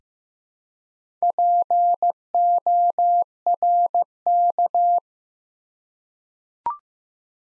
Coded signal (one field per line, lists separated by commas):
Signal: Morse code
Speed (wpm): 15 wpm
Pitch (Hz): 700 Hz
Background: none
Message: PORK